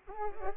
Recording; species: mosquito wingbeat signal from an infrared sensor; Culex pipiens